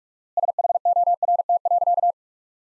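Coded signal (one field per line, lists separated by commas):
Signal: Morse code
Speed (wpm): 42 wpm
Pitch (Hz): 700 Hz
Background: none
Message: SHORT.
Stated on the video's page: Morse practice of sentences from the top 500 words at 45 wpm with 4x standard word spacing, a Farnsworth-like method.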